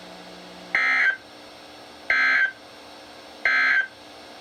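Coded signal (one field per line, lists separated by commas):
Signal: Emergency Alert System (SAME) tones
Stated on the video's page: Marine warnings and tests from NOAA weather radio station KHB36, received on multiple weather radios.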